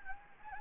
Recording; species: mosquito wingbeat signal from an infrared sensor; Anopheles gambiae